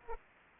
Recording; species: mosquito wingbeat signal from an infrared sensor; Culex pipiens